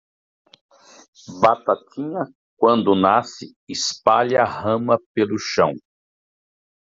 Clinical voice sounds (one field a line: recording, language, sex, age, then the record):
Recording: short text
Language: Brazilian Portuguese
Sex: male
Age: 50 to 59 years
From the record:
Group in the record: control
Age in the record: 54 years